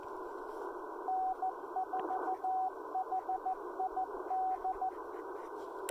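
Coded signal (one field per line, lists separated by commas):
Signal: Morse code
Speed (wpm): 14 wpm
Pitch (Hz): 750 Hz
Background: radio noise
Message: N4HID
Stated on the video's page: State park activation with Icom IC-705 and EFT-MTR end-fed antenna.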